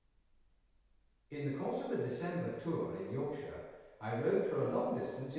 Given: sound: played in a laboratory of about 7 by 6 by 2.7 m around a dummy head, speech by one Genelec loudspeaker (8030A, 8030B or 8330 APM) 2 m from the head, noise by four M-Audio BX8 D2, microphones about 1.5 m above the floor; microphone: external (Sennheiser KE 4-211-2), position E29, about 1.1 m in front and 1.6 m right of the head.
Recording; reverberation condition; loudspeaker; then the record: male speech in English; high; 120 degrees to the left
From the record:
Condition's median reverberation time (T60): about 1300 ms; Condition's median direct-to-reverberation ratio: about -4.0 dB